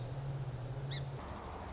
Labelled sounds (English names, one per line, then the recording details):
Song Sparrow
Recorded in Sonoma County, California